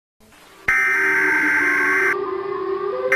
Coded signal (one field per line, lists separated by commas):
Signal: Emergency Alert System (SAME) tones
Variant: header bursts